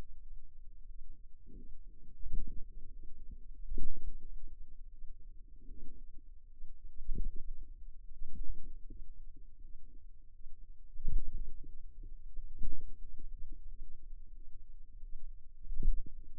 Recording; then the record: forearm muscle sounds (acoustic myography)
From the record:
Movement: pen grasping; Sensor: system 2, bracelet of six BSWA MPA416 microphones around the upper forearm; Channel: 2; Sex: female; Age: 23 years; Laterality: right